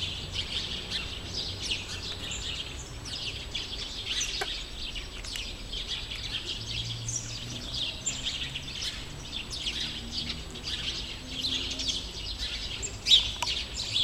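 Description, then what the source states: Sparrows twittering, continuous overlapping chirps from a group, one sharper note standing out near the end. Sparrows, more than one.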